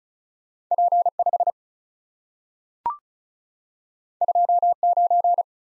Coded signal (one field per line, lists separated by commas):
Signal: Morse code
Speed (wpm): 36 wpm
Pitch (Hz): 700 Hz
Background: none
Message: P5 29